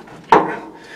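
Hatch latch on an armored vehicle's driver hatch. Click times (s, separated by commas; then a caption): 0.3 s. The heavy steel driver's hatch on an M5A1 tank is pulled down and secured with a simple latch. A sharp metallic clunk at 0.3 s rings out and fades over about a quarter second. The hatch latch locks closed.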